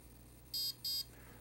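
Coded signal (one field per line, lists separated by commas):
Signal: beep code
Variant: RC brushless ESC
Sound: two short identical high-pitched beeps about a tenth of a second apart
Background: low room hum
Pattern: 2 short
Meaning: Option 2 of the ESC programming menu: electronic timing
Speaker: and we'll get two beeps for electronic timing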